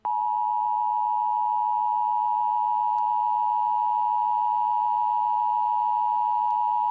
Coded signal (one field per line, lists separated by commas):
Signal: Emergency Alert System (SAME) tones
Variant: 853 and 960 Hz attention tone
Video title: EAS Scenario - Chemical Accident